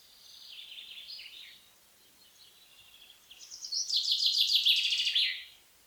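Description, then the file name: Common chaffinch song: a softer phrase at the start, then a louder, quick rattling series of high notes. "pinsondesarbres"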